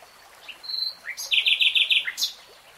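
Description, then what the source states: Nightingale phrase of a few short whistles followed by a fast, rattling trill of repeated notes and a sharp ending flourish. Nightingale singing, in real time.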